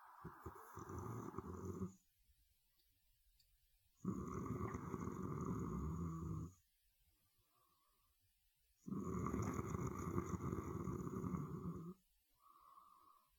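Three long, rough, low-pitched rattling breaths, each lasting about two to three seconds, with quiet pauses between them, at roughly 13 breaths a minute. This is ordinary snoring: the soft tissues of the airway vibrate during sleep breathing.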